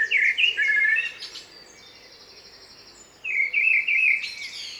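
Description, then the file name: Common blackbird song: two warbled phrases, fluty notes mixed with thin, strained high twittering, separated by under two seconds of quiet background hiss. "Turdus merula"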